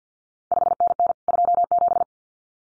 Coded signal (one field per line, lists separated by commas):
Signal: Morse code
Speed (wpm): 50 wpm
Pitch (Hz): 700 Hz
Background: none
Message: 5NN 27